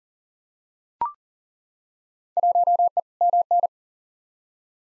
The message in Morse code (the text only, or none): 1E MN